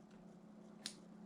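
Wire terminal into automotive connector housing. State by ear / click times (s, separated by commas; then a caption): seated / 0.9 s. A crimped wire terminal is pushed into an automotive connector housing for LED pod lights on a tractor. Over a steady low hum, a single short, sharp click rings out at 0.9 s as the terminal seats and locks in.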